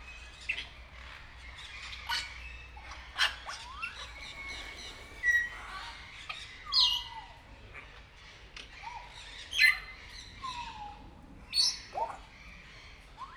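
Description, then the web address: Grey parrot whistles and calls: short clear whistles, falling slurred notes and sharp chirps, spaced every second or two over a faint hum. Grey parrot at Nyíregyháza Zoo, Hungary, 2019. "allathangok nyiregyhazizoo 2019 professzionalis jako papagaj hosszabban nyiregyhaza"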